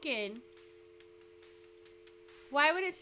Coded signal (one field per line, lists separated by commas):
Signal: telephone call progress tone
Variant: North America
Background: speech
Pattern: dial tone